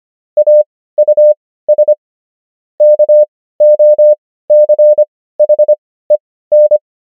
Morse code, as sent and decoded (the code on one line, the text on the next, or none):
.- ..- ... / -.- --- -.-. .... . -.
AUS KOCHEN